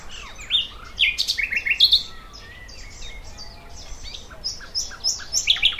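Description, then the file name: Thrush nightingale song of varied loud phrases: sharp chirps, short slurred whistles and clicking notes, broken by brief pauses. "Sprosser"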